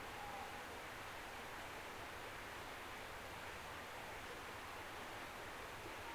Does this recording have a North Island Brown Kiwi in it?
no